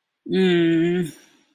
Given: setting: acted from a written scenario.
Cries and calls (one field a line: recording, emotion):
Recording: vocal sound without words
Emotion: guilt